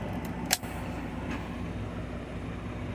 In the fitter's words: i heard the click outside let us see what happened to the latches